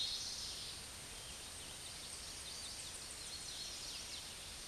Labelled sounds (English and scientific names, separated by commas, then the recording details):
Eastern Towhee (Pipilo erythrophthalmus) song
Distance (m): 15 m
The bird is about 10 m above the microphone
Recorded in a Pennsylvania forest on 16 May 2024 at 09:06
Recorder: AudioMoth, point MSD-2304
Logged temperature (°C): 16.0 °C
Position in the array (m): 203 m, 176 m